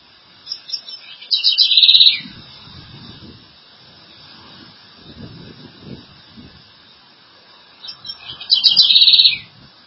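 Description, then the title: Southern house wren song, a quick high chattering phrase of jumbled notes ending in a buzzy trill, given twice about seven seconds apart, with faint low rustling between. "cURRUIRA"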